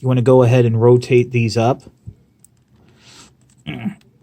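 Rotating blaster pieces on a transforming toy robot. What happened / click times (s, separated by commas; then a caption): The plastic pieces are being handled but have not snapped into place yet / none. Small round yellow plastic blaster pieces on a transforming toy robot are being rotated up by hand. Someone talks, then faint, light handling ticks and rustles follow in the pauses. Nothing has snapped into place yet.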